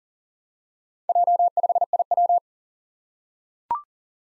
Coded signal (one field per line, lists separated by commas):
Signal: Morse code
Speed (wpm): 39 wpm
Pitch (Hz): 700 Hz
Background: none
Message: J5IW